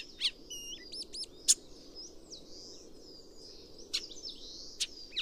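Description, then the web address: Chestnut-cheeked starling giving scattered high whistled and wavy squeaky notes with several sharp clicking bursts, set against a soft, steady background murmur. "komukudori"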